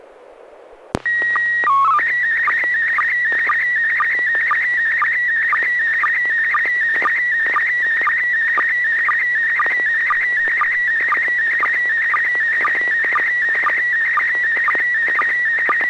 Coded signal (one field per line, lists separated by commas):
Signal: SSTV (slow-scan television)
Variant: PD 120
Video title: N6NA SSTV Net - 10/05/2022